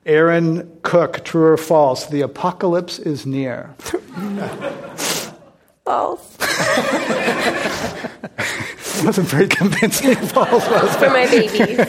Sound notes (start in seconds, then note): 6.4 laughter; 10.9 laughter